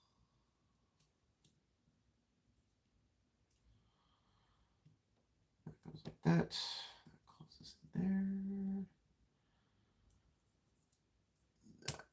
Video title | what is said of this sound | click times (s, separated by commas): Unbox And Chill Transformers G.I.Joe Crossover Soundwave Dreadnok Thunder Machine. | snaps into place that | 11.9 s